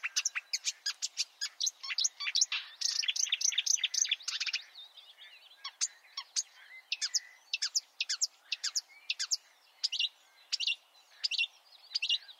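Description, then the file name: Marsh warbler song, long runs of rapid buzzy chattering notes broken by squeaky whistles and harsh trills, delivered without pause. "suara-kicauan-burung-marsh-warbler -omkicau"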